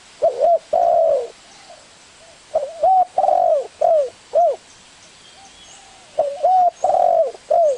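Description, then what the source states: Spotted Dove giving repeated phrases of soft, rounded coos, several notes per phrase with short gaps between groups. Lure calls used to attract the birds.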